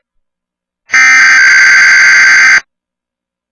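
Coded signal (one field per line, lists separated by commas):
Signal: Emergency Alert System (SAME) tones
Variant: header bursts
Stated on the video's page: Required Weekly Test shown by the TWC TV app on Roku, appearing repeatedly for unrelated cities due to a glitch.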